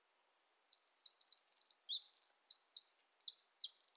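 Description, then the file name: Eurasian wren song, a fast, shrill outpouring of repeated trilled notes and quick chattering phrases, delivered without pause for about three and a half seconds. "Troglodytes troglodytes"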